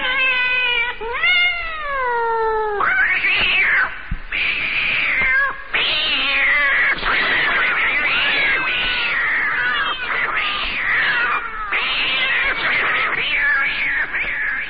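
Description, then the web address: Cat meowing: one long wavering meow, then a near-continuous run of loud, strained, overlapping meows that rise and fall in pitch for the rest. "koshka"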